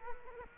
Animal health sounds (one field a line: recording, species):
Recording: mosquito wingbeat signal from an infrared sensor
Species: Culex quinquefasciatus